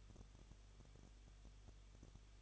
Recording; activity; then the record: daily activity, microphone in the room; no activity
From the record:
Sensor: 4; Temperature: 23.0 degrees Celsius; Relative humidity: 34.1%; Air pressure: 1007.4 hPa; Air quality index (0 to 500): 214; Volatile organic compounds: 14 ppm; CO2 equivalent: 2461 ppm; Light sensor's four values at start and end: 2/3/1/1 and 2/3/1/1